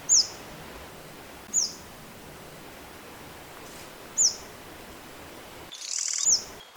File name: suara panggilan burung madu matari. omkicau